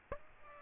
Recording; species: mosquito wingbeat signal from an infrared sensor; Aedes aegypti